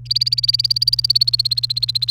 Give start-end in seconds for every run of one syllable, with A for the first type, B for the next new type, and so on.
0.06-2.11 A